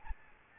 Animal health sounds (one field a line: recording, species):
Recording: mosquito wingbeat signal from an infrared sensor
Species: Aedes albopictus